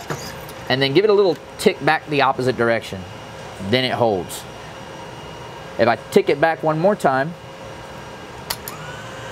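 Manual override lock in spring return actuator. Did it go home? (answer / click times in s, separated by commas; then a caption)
released / 8.5 s. Someone talks while turning the manual crank of a Belimo AFA24-SR spring return damper actuator back one more tick. At 8.5 s the manual override lock releases with a small, sharp click, followed by a faint rising tone. The manual hold is released and the actuator goes back to running on its spring.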